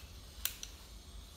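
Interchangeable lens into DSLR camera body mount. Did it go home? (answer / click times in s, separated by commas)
yes / 0.5 s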